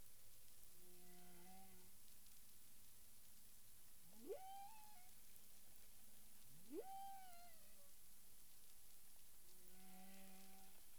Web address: CARIMAM clean data humpback whale 20020409 184253 UTC